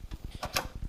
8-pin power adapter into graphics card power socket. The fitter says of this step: want to be careful not to press too hard on your card but it should snap into place